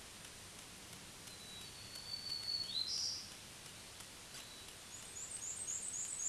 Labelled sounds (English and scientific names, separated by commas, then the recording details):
Black-throated Green Warbler (Setophaga virens) song
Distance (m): 30 m
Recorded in a Pennsylvania forest on 1 June 2023 at 08:46
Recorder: AudioMoth, point grid3_25_high
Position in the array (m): 119 m, 290 m